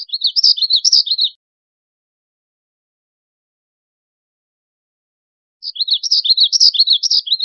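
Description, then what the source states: Black-throated gray warbler song, heard twice: a high buzzy phrase of quick wheezy notes ends, then after about four silent seconds a second phrase begins. Recorded 5 May 2001.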